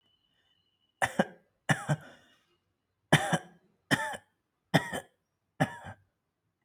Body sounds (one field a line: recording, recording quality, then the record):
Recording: shallow voluntary cough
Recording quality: excellent, no background noise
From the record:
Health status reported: healthy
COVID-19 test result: negative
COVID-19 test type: RT-PCR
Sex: male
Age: 30 years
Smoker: no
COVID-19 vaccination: one dose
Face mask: not worn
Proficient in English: yes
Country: India